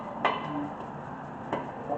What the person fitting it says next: Pops right into place. Alright.